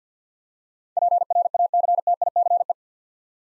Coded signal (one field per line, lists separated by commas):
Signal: Morse code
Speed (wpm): 45 wpm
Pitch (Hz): 700 Hz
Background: none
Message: PRACTICE